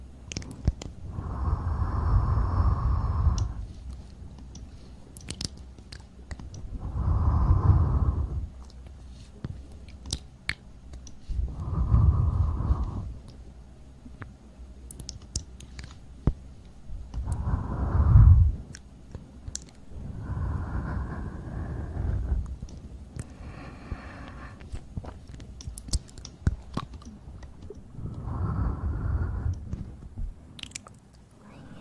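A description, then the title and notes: Ear cleaning and ear massage: slow, muffled rubbing swells come in repeated strokes about every four to five seconds, each lasting a second or two with a low, thick body. Between strokes, small sharp clicks and crackles tick lightly and irregularly. ASMR Ear cleaning & Ear massage.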